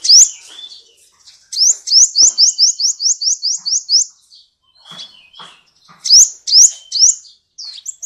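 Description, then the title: Oriental magpie-robin song with a long run of rapid rising notes, then scattered chips and a few loud upswept phrases near the end. "Kicau Kacer"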